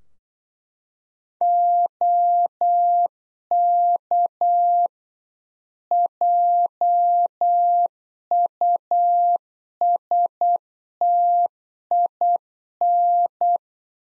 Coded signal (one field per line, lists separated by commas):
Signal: Morse code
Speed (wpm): 8 wpm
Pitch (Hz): 700 Hz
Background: none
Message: OK JUSTIN